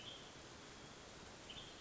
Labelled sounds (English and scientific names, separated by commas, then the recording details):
Western Tanager (Piranga ludoviciana)
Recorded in Sonoma County, California